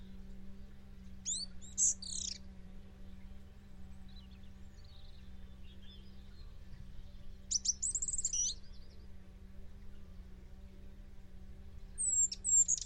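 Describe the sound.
Bird calls: three short bursts of sharp, high chirps, spaced several seconds apart, over a constant low hum.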